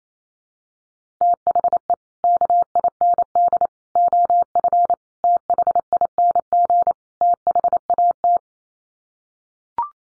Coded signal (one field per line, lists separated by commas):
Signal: Morse code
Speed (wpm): 28 wpm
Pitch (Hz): 700 Hz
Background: none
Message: THE KIND OF THING THAT